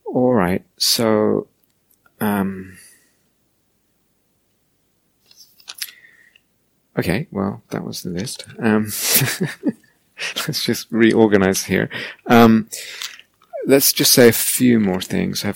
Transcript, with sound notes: All right. Well, that was the list. [laughs] Let's just reorganize here. Let's just say a few more things.